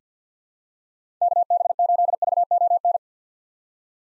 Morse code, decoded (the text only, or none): KB8VON